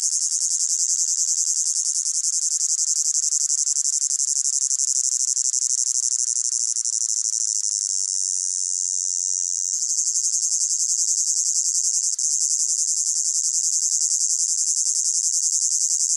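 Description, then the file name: Cicada buzz, a loud high-pitched pulsating drone that holds steady, briefly smoothing into an even hiss for a couple of seconds midway before pulsing again. Close-up; pulsating, high-pitched buzz. "gain walkers CICADA Close Up Pulsating Buzz High Pitched"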